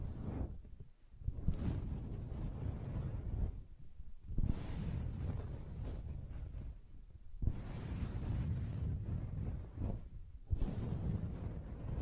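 Soft fabric is scratched and rubbed in long, dull, mostly low strokes that blur into a steady rushing sound. Brief pauses break it near 1, 4, 7.5 and 10.5 seconds, and a few faint brighter hissy scrapes show between the muffled passes.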